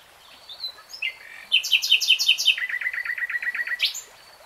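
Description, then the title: Nightingale song opening with soft notes, then a loud, rapid trill of many repeated notes, finishing with a sharp rising flourish. Nightingale singing in real time. "[Tiếng chim hót] REALTIME Nightingale Singing"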